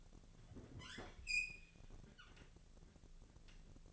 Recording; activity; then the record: daily activity, microphone in the room; open fridge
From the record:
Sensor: 4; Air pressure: 1000.9 hPa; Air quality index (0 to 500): 128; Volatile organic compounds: 1 ppm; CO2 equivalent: 956 ppm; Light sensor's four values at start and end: 28/68/29/31 and 27/64/27/29